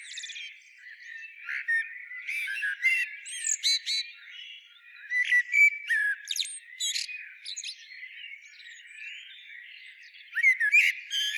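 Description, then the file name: Common blackbird, a run of mellow warbled notes mixed with thin, high scratchy twitters, strongest in the middle and near the end. "Turdus merula"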